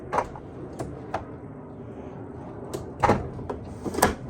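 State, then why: Not seated. The handle latch on a trailer-mounted storage box is handled as the handle is folded down to secure the box, producing a series of sharp knocks and rattling clunks, with the loudest near the end. Nothing has seated or clicked into its locked position yet.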